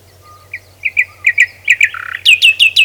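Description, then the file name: Common nightingale singing: quick chirped notes building to a brief buzzy note, then a loud series of descending whistles repeated several times. "Luscinia megarhynchos"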